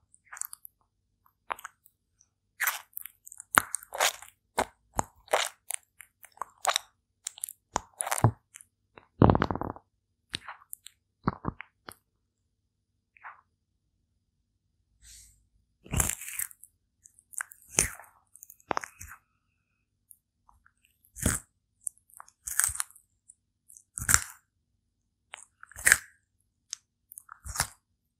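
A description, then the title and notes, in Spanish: A tortoise eats watermelon and cherries, each bite a sharp, wet crunch. The bites come in irregular bursts with short pauses, go quiet for a few seconds near the middle, then resume in clusters until the end. Asmr Tortuga comiendo. Una tortuga comiendo sandia, cereza, entre otras cosas.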